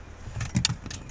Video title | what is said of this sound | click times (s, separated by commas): How To Replace the centre Console on a BMW X1 / X3/ X5/ 2 SERIES/ 1 SERIES / 3 SERIES | slides in and you have to push it in until it clicks and | 0.6 s